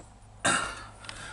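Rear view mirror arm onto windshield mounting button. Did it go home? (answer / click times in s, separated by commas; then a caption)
no / none. A rear view mirror arm is slid down over a freshly glued metal mounting button on a windshield, making a sudden broadband scraping rush at about 0.4 s that fades over the next half second, followed by a faint brief tick near 1.1 s. The mirror has not clicked or seated onto the button yet; it is not down all the way.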